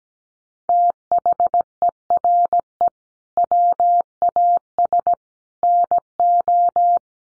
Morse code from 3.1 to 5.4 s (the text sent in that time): WAS